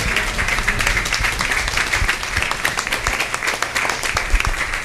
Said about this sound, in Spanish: dueño de este café y quien es nuestro anfitrión, y para quien pido un fuerte aplauso el día de hoy.